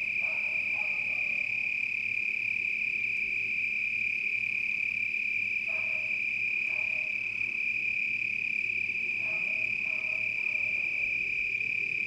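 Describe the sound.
Cricket call, a steady, unbroken high trill throughout, with a few short lower chirping bursts near the start and around six and ten seconds.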